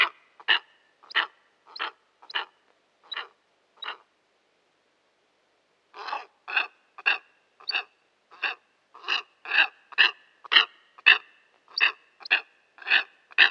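Steppe eagle producing a run of grating, bark-like calls, falling silent for two seconds, then continuing with a faster series.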